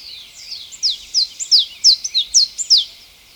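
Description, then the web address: Blue-and-yellow Tanager calling with a quick, somewhat uneven run of high, sharply falling chips. Recorded in Ecuador. "Birds of Ecuador. Blue-And-Yellow Tanager"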